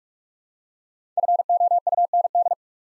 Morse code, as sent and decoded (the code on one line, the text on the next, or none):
..-. --- ..- -. -..
FOUND